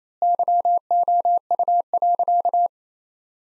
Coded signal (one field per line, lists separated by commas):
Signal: Morse code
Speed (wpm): 28 wpm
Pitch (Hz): 700 Hz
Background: none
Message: YOU.